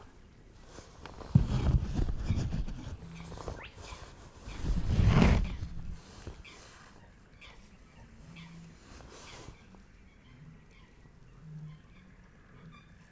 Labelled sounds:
Spotted Crake

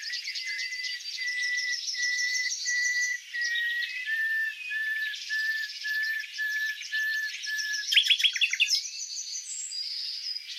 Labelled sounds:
Common Nightingale song

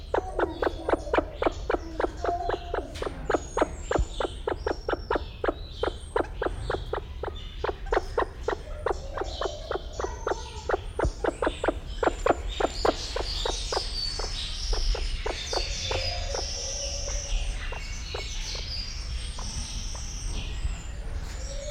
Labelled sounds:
Sulawesi Myna call

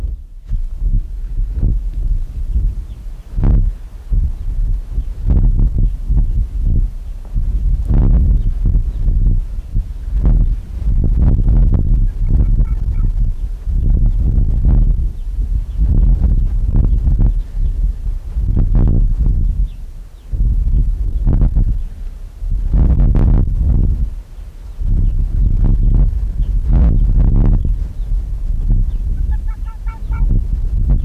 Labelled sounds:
Arctic Fox

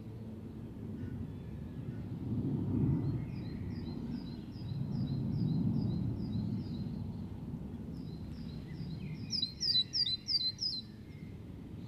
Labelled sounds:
Great Tit song

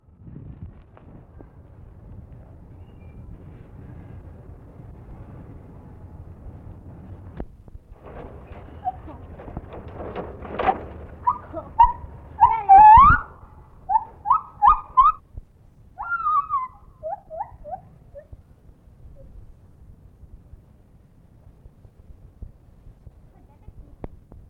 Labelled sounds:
Lar Gibbon

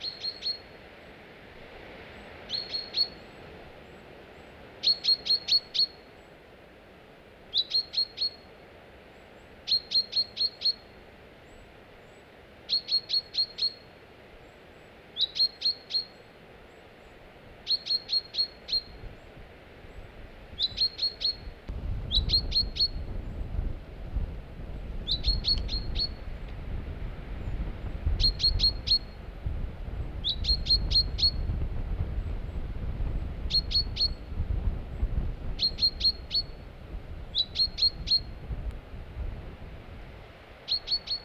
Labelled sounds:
Common Chaffinch call

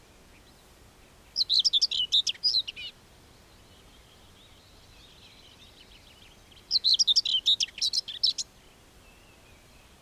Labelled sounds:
Common Whitethroat song

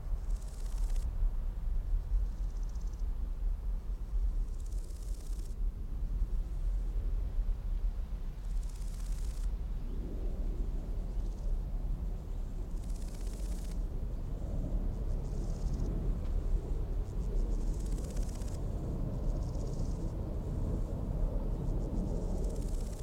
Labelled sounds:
Large Gold Grasshopper stridulation

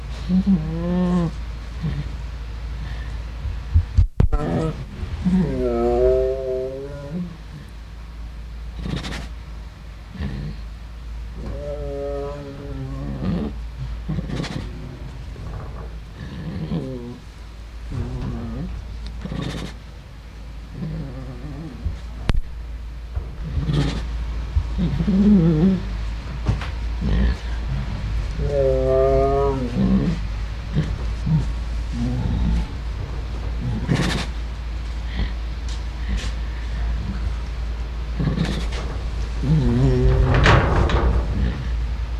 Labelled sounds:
Tiger

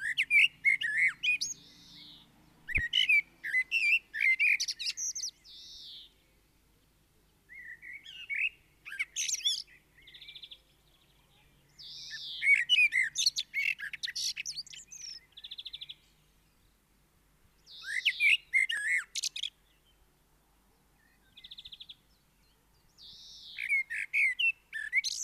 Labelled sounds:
Common Blackbird song

